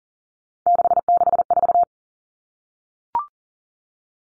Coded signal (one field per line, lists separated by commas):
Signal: Morse code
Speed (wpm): 40 wpm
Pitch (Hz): 700 Hz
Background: none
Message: 664